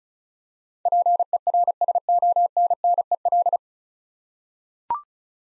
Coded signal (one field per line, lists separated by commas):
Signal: Morse code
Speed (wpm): 36 wpm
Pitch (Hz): 700 Hz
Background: none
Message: PERSONNEL